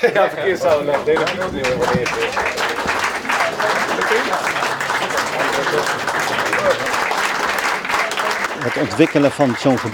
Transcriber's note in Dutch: applaus